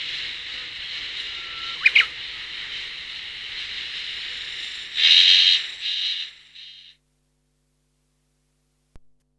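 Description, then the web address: Insect droning in a continuous high buzz that swells once, then fades and stops, leaving silence. "cats sikioto insect"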